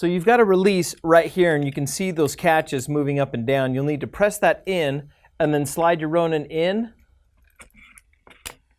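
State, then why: Seated. A DJI Ronin 2 camera gimbal is slid into the mounting bracket on its carrying frame after the release is pressed, while someone talks. Speech fills the first seven seconds, then a few soft clicks and rattles follow. A sharp click at 8.5 s marks the catch engaging as the gimbal locks into the frame mount.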